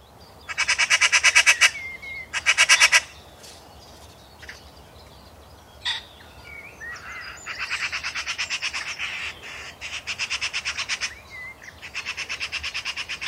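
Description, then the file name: Eurasian magpie chattering in harsh, rapid rattles, two loud bursts early, then a longer run of dry repeated notes with brief pauses, a few squeaky notes between. "Pica pica"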